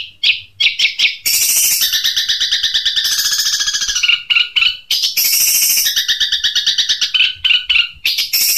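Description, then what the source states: Long-tailed shrike song: loud harsh buzzy phrases alternating with rapid rattling trills and sharp chattering notes, delivered in a continuous varied stream. "Kuntilanak" song style.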